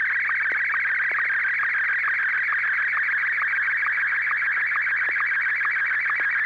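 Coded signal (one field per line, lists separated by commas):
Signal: SSTV (slow-scan television)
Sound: warbling, buzzing high tone with steady rhythmic ticks about twice per second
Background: low hum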